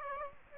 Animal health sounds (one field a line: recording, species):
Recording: mosquito wingbeat signal from an infrared sensor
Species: Aedes aegypti